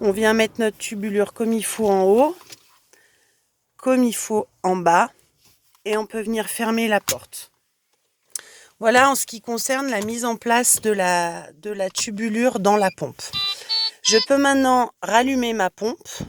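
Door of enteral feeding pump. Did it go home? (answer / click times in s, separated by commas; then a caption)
yes / 8.4 s. Someone talks while routing tubing into an enteral feeding pump, then closes the pump's plastic door, which latches shut with a single loud click at 8.4 s. Talking continues after the door is seated.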